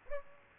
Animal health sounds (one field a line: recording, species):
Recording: mosquito wingbeat signal from an infrared sensor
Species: Aedes aegypti